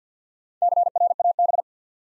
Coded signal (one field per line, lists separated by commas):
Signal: Morse code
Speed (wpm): 53 wpm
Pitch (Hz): 700 Hz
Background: none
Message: CRAB